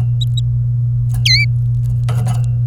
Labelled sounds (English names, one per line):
Domestic Canary song